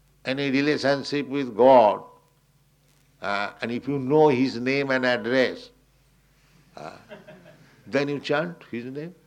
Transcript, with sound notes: any relationship with God, and if you know His name and address, [laughter] then you chant His name.